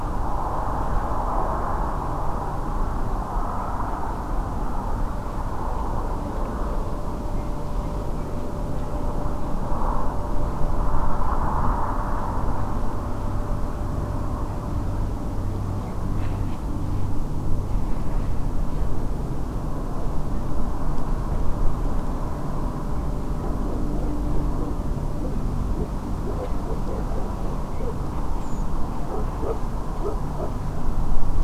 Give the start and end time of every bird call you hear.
28.41s-28.63s: Redwing

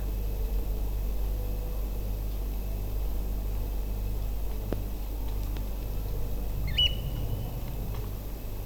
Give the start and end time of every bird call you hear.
6.67s-6.88s: Eurasian Oystercatcher

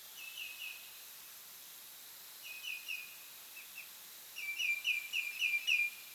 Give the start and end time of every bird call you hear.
0.12s-0.87s: Common Greenshank
2.40s-3.12s: Common Greenshank
3.52s-3.87s: Common Greenshank
4.31s-6.02s: Common Greenshank

